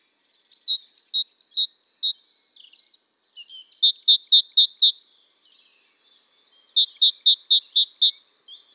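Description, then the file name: Great tit giving three bursts of four or five bright, high notes, each repeated rapidly, with short pauses between bursts. "Parus major"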